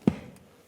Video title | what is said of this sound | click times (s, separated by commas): How to Replace Rear Strut and Spring Assembly 1997-2001 Lexus ES300 | fell right in so i'm going to press it down and lock it | 0.1 s